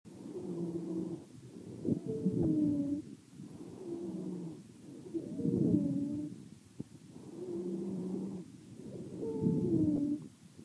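Three slow, regular breath cycles, about 18 a minute, each carrying steady musical tones. Lower notes sound on one phase and higher, gliding whistles on the other. This is wheeze, a sign of narrowed airways.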